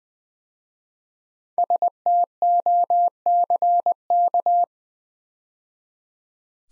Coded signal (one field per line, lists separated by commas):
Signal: Morse code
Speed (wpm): 20 wpm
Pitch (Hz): 700 Hz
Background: none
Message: STOCK